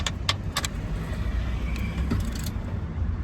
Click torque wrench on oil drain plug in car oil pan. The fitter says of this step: until it clicks, baby. Okay. Boom.